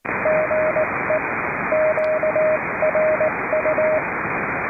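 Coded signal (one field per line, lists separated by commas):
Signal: Morse code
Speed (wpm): 18 wpm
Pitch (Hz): 620 Hz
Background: radio noise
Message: GE QRU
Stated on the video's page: Heard on a public service net on 3.729 MHz, with net control operating fully remote from a boat.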